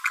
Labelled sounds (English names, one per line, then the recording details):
Green-rumped Parrotlet babbling
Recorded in a nest box in Venezuela
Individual 18B25A5